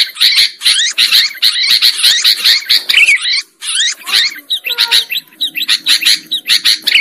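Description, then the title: Sooty-headed bulbul delivering fast, slurred chattering bursts, a short gap, then more clipped notes and lower whistles. Bird lure recording. "PIKAT BURUNG KUTILANG"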